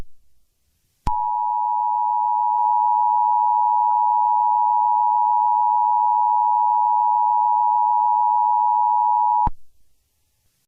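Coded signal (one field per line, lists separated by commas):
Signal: Emergency Alert System (SAME) tones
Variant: 853 and 960 Hz attention tone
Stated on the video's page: Fictional scenario with valid EAS tones, made as a school project in CapCut and Audacity.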